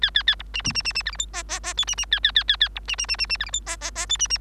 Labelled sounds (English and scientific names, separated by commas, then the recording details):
Bengalese Finch (Lonchura striata domestica) song
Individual Bird3